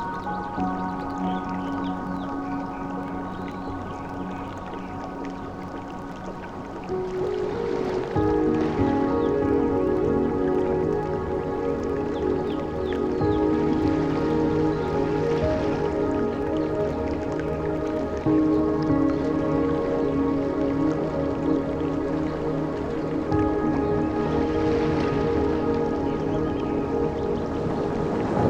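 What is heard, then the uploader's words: Music with ocean sounds: sustained low, held tones over a steady wash, swelling fuller and louder around eight seconds as brighter notes join. Music With Ocean and Jungle Sounds.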